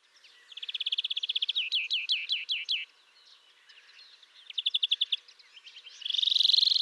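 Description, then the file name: European greenfinch giving a long rapid trill that slides into descending sweeping notes, then a second short trill and a closing wheezy buzz. "Chloris chloris"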